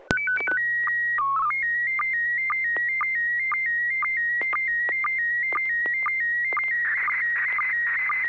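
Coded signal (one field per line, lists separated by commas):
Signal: SSTV (slow-scan television)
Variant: PD 120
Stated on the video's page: SSTV net on an FM repeater at 441.300 MHz, using MMSSTV software.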